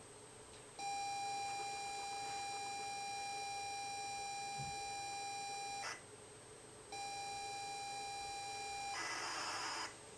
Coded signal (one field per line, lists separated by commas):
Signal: ZX Spectrum tape loading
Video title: 5B5-Lite ZX Spectrum 128k core